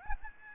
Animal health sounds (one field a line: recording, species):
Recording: mosquito wingbeat signal from an infrared sensor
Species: Aedes albopictus